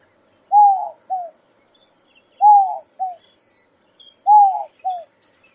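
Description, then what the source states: Inca dove coo: a low two-part phrase of a drawn-out arched note then a brief clipped one, repeated three times about every two seconds. Low, mournful coo likened to the words 'no hope'.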